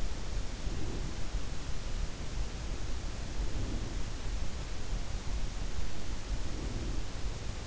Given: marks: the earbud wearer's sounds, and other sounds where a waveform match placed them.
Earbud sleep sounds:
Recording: sounds in sleep by an in-ear microphone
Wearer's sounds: breath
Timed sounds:
0.32-1.51 s: breath
3.29-4.29 s: breath
6.14-7.29 s: breath

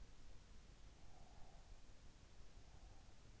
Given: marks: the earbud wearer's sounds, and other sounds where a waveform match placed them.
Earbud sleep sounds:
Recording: sounds in sleep by an in-ear microphone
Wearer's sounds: breath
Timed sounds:
1.14-3.24 s: breath

